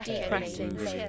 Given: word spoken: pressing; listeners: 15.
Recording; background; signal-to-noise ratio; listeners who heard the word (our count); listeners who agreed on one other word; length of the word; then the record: one English word in noise, from a listening test; four-talker babble; -1.5 dB; 0 of 15; 12 of 15; 0.69 s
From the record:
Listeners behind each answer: 12, 1, 1, 1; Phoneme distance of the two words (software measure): 14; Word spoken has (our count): 2 syllables, 6 phonemes, stress on syllable 1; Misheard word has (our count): 3 syllables, 8 phonemes, stress on syllable 2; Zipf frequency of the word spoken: 3.97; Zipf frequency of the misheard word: 3.77